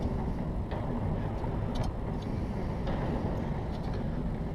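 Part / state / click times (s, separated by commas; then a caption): spin-on oil filter onto aircraft engine filter mount / not seated / none. A spin-on oil filter is threaded by hand onto the engine's filter mount on a Piper Tomahawk aircraft, going on with no cross-threading, before the torque wrench is used. Steady low rumbling noise fills the clip with a few faint light ticks scattered through it. Nothing has seated or clicked yet.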